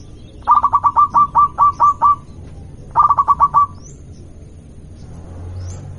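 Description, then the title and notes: Zebra dove song: two fast bursts of staccato cooing notes, a longer one then a shorter one, over a low background hum. Local zebra dove, singing. "Kicau Perkutut Lokal. Kicau Burung Perkutut"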